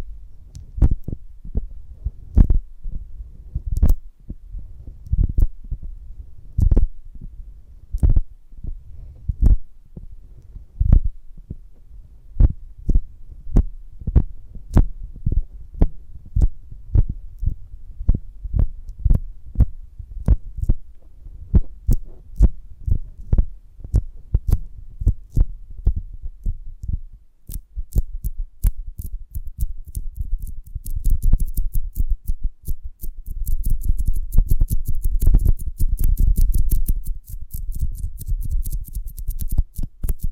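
Crisp taps and crackles on a honeycomb on a branch, spaced out at first, then growing rapid and dense with a low rumble after halfway.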